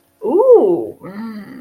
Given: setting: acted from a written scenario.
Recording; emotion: vocal sound without words; romantic love